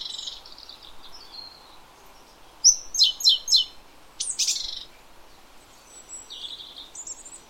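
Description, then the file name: Great tit calling with thin high notes, then a run of several sharp notes and a brief buzzy burst, before quieter high whistles return. "Parus major"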